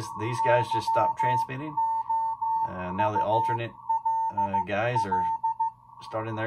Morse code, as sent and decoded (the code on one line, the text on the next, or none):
-.-- --- ..- .-.. .-..
YOULL